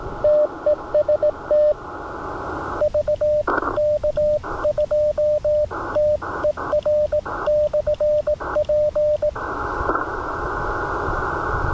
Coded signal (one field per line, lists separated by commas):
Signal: Morse code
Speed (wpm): 17 wpm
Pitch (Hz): 600 Hz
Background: radio noise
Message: TEST VK2TER/P